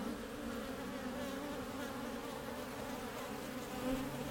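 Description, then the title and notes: Soft, even honey bee hum continuing throughout, with a faint swell near the end. Honey bees at a backyard garden beehive entrance, recorded from above; warm spring day, Mission district, San Francisco, 2009; small microphones in the hive and pairs at the entrance. "Hive Entrance From Top. A warm spring day in the Mission district, San Francisco 2009"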